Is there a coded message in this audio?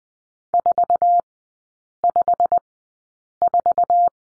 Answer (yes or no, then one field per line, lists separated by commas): yes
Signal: Morse code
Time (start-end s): 0.5-4.1 s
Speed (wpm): 20 wpm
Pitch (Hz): 700 Hz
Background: none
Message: 454